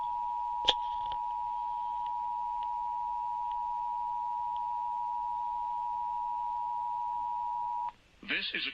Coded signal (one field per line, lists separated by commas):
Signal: Emergency Alert System (SAME) tones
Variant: 853 and 960 Hz attention tone